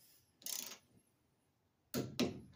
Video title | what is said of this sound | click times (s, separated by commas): Lowrider. How to put a gear on a block. NO LIMIT HYDRAULICS | That click is indicating that it's at 22 foot-pounds of torque. | 1.9 s, 2.2 s